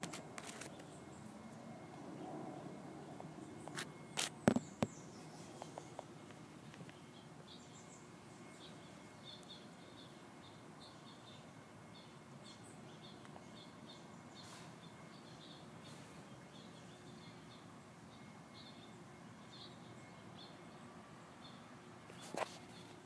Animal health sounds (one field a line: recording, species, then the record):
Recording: mosquito flight sound by mobile phone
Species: Aedes sierrensis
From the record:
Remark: in a plastic bag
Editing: field recording with all noises